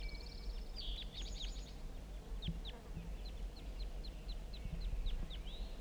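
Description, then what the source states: Red crossbill flight calls: sharp, downslurred chips repeated quickly, some in clusters, over a low rumble of background noise. Crossbills flying over, coming back down to the bottom of a hollow; type 4-3 call.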